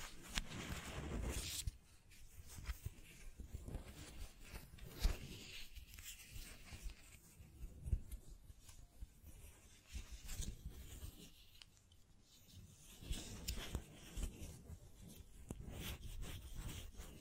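Scratching and tracing sounds rasp along in short irregular strokes, with a few sharp taps, one near five seconds, over a soft background hiss.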